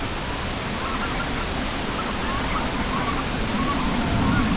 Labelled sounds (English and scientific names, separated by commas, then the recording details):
unidentified sound, Red-throated Loon (Gavia stellata)
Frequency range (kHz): Red-throated Loon (Gavia stellata) 0.5-1.9 kHz
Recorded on Arctic tundra, site CORI-1, on 16 June 2018
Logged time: 06:00